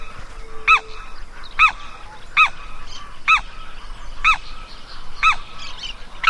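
Bird calling in nasal, honk-like single notes that rise then drop, given about once per second in a steady series.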